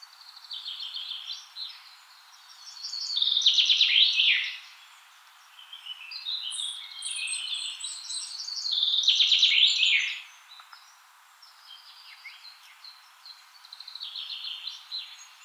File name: Fringilla coelebs